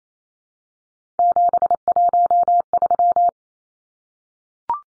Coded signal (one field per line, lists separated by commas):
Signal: Morse code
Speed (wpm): 28 wpm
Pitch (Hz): 700 Hz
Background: none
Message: 713